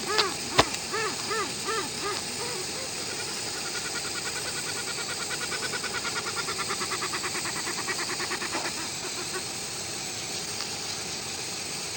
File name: westland black petrel song